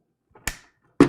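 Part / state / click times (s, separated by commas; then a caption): cable connector into motherboard socket / seated / 0.5 s. A cable connector, lined up in its motherboard socket, is pushed down until it locks, the same way RAM is fitted. After a faint rustle, a sharp, bright click comes at 0.5 s with a short fading tail, followed by a heavier, lower-pitched knock at 1.0 s. The connector is seated in the socket.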